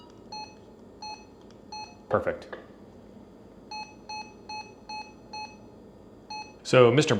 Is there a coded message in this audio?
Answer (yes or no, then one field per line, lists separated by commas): no